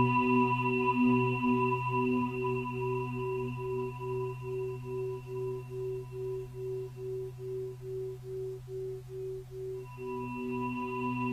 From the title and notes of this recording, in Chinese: 胰及DNA频率117.3-528Hz丨颂钵。